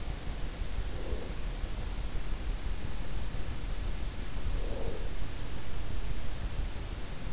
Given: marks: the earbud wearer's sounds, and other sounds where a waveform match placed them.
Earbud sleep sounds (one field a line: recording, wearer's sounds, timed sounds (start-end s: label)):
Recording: sounds in sleep by an in-ear microphone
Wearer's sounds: breath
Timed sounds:
0.60-1.67 s: breath
4.30-5.32 s: breath